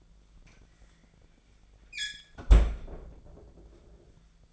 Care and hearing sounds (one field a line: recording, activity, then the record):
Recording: daily activity, microphone in the room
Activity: close fridge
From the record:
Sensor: 5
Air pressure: 1009.8 hPa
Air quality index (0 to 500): 162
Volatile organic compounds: 4 ppm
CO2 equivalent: 1570 ppm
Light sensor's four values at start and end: 122/312/131/139 and 121/310/129/137